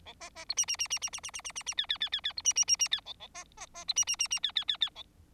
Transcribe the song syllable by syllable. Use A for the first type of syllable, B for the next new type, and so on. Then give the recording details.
A B B C D D D D D D D D D D D E E E E E C D D D D E A A B B B C D D D D E E E E A. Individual Bird4